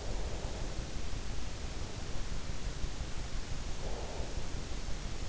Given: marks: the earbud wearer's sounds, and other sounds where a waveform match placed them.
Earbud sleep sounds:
sounds in sleep by an in-ear microphone; breath
0.00-0.68 s: breath
3.72-4.67 s: breath

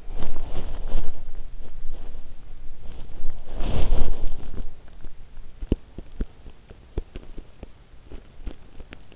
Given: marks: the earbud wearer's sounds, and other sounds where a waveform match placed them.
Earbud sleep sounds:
sounds in sleep by an in-ear microphone; body movement, teeth grinding
0.00-4.81 s: body movement
4.54-9.16 s: teeth grinding

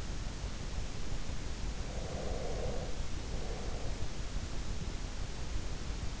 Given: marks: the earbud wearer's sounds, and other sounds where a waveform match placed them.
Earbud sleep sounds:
sounds in sleep by an in-ear microphone; breath
1.98-4.25 s: breath

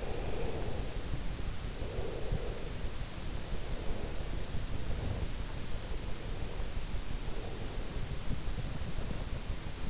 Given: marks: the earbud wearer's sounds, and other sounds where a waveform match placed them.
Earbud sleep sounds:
sounds in sleep by an in-ear microphone; breath
0.00-3.09 s: breath

